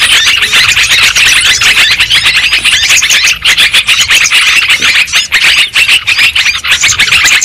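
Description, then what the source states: Lovebird chorus of piercing squeals and quick chirps, densely layered and constant, with a brief dip around midway. Lovebird calls used as a lure sound for trapping birds.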